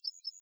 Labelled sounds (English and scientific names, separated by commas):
Yellowhammer (Emberiza citrinella) song